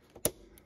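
A plastic airbag or seatbelt pretensioner connector under the 2nd row seat of a 2021-2025 Toyota Sienna Hybrid is pushed into its mating wiring harness plug. A single sharp, bright click at about 0.3 s rises well above faint ticks and handling noise, at 0.2 s, 0.6 s and 0.7 s. The connector is seated.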